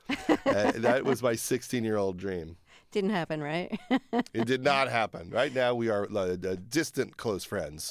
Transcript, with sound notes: That was my 16-year-old dream.
Didn't happen, right? (Laughter).
It did not happen. Right now, we are distant close friends.